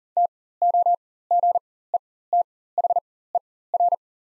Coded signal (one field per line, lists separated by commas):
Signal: Morse code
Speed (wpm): 40 wpm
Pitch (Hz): 700 Hz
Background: none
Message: TOGETHER